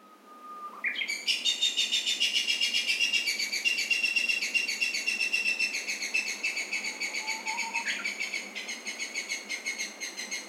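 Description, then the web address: Animal of Yanbaru: animal call: a harsh, pulsed series of rapid harmonic-rich notes, about four per second, running for some ten seconds, preceded by a brief thin whistle. Recorded in Yanbaru, Kunigami, Okinawa, on 5 March 2022. "koe yanbaru 220305 kunigami oshiro"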